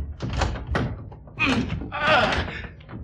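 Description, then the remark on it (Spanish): The lock of a bedroom door being forced open: a series of heavy thunks and jolts against the door, with grinding, rattling scrapes between the blows, fairly loud and irregular over about three seconds. “¡Fuerce en la cerradura!”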